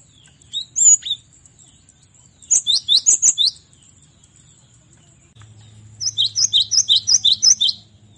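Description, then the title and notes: Cinereous tit singing a few high chirps, then a short run of bright repeated double notes, and later a longer fast series of ringing phrases over a faint low hum. Masteran training recording for cage birds. "Masteran Gelatik Batu. burung gelatik"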